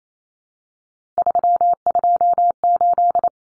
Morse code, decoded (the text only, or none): 328